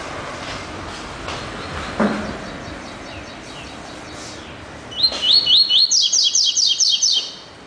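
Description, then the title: Double-collared seedeater song starts after background hiss and a few soft knocks: quick rising whistles followed by a rapid series of high, ringing trilled notes. "Canto Coleiro"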